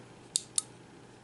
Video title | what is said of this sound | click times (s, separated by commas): CRKT Slacker | there's the click and then basically | 0.4 s, 0.6 s